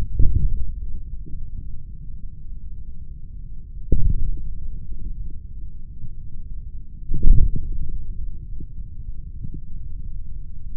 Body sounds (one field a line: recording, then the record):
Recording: forearm muscle sounds (acoustic myography)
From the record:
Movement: hand closing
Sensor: system 3, bracelet of six PUI Audio POM-2738L microphones around the upper forearm, with dedicated amplification and filtering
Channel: 6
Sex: male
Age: 26 years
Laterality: right